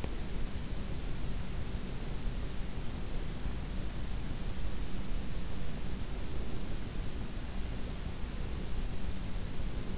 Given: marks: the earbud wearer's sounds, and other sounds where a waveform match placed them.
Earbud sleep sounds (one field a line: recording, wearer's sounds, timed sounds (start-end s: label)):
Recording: sounds in sleep by an in-ear microphone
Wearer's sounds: teeth grinding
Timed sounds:
0.00-0.24 s: teeth grinding